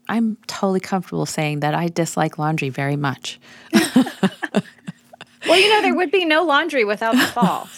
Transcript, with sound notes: I’m totally comfortable saying that I dislike laundry very much. (laughter)
Well, you know there would be no laundry without the Fall.